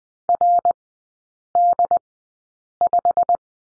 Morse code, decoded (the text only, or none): RD5